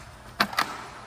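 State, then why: Seated. A 20V lithium battery pack is slid into the plastic battery slot in the handle of a cordless leaf blower until it latches. Two sharp clicks are heard at 0.4 s and 0.6 s as the battery seats in place.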